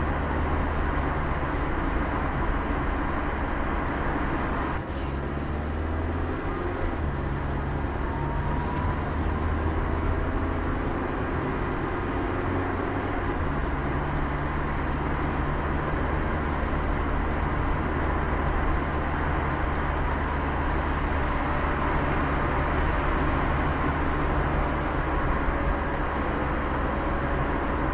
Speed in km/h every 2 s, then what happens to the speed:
26, 25, 29, 31, 35, 37, 38, 41, 41, 42, 44, 43, 43, 43.
2-14 speeds up to 41. 14-28 steady at about 43.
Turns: none.